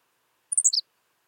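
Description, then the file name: Henslow's sparrow song, a single brief high-pitched phrase of three or four rapid stuttering notes dropping in pitch, otherwise quiet. "Ammodramus henslowii - Henslow's Sparrow"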